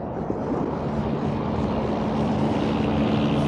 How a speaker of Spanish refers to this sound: No, el helicóptero daba la vuelta. Volvía hacia mí.